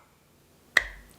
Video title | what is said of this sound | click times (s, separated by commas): I switched from Samsung to Apple and all the Amazon Accessories that made it complete | did you hear that click | 0.8 s